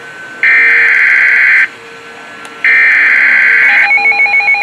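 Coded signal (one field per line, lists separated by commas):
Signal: Emergency Alert System (SAME) tones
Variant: header bursts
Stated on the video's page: Full-tone EAS alert for a tornado warning downgraded to a severe thunderstorm warning.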